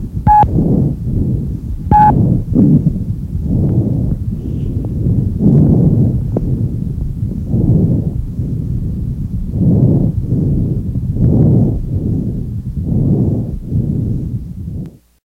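Adult chest by stethoscope: normal bronchovesicular breath sounds, a mixture of bronchial and vesicular sounds, with inspiratory and expiratory phases about equal in length. Normally heard anteriorly near the main stem bronchi in the first and second intercostal spaces and posteriorly between the scapulae; heard elsewhere they may mean lung consolidation.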